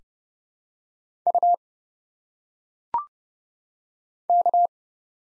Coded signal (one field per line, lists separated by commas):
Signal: Morse code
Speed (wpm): 30 wpm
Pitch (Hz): 700 Hz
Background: none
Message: U K